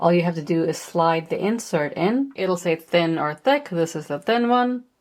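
Someone talks while handling the thin-slice blade insert for a kitchen mandoline slicer, which is meant to be slid into the mandoline body until it locks. Only speech is heard. The insert has not seated or clicked yet.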